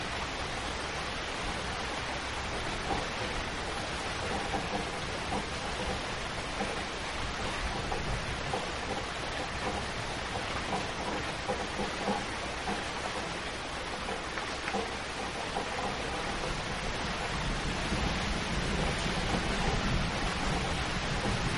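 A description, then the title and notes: Continuous rain falls in a dense, even hiss that holds steady for the whole stretch, spread from low rumble to bright spatter. Faint low rolling swells underneath thicken slightly toward the end, and no sharp thunderclap stands out. 8 Hours of Continuous Rain and Thunder Sounds for Peaceful Rest. The rhythmic pattern of rain and the occasional rumble of thunder.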